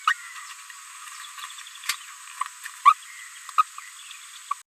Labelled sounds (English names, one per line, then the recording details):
Green-rumped Parrotlet babbling
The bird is a female
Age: 26 days
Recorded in a nest box in Venezuela
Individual 17B73B3